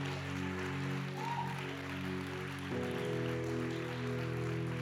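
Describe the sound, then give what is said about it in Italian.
Sustained audience applause for people attending the gathering for the first time, a dense, even patter of many hands clapping for the whole stretch, fairly soft, with a low steady hum running beneath it and no voices. “Vogliamo fare un applauso a chi è per la prima volta in mezzo a noi?”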